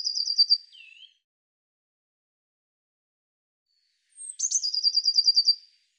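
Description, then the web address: Bird song in two phrases: a quick high trill ending in a lower slurred note, then after a pause a sharp onset and a longer rapid high trill. "cianscape birddata Deverinetal 2025 File cleaned normalized Bird Cy Ca"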